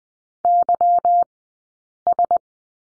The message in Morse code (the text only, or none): YS